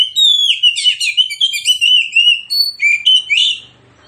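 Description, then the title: Magpie-robin song: a continuous stream of high, rich whistles, buzzy trills and sliding notes, with a faint low rumble beneath. Kacer song, insistent with full 'tembakan' bursts, meant to trigger an immediate fighting response and as therapy for kacer reluctant to sing. "Kacer Langsung Tarung Konslet KACER NGOTOT FULL TEMBAKAN. Kicau Kacer santaiterapi Kacer males bunyi"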